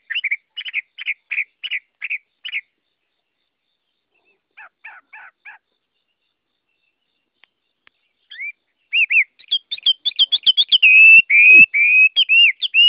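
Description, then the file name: Chinese hwamei song: short bursts of repeated whistled notes separated by pauses, ending in a loud, rich run of looping whistles. Song described as 'giọng rừng', the forest-voice style. "Tieng hoa mi hot giong rung"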